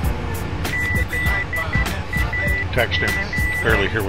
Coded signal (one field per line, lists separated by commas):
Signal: Morse code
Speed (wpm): 12 wpm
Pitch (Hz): 2000 Hz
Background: speech, music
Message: ZAG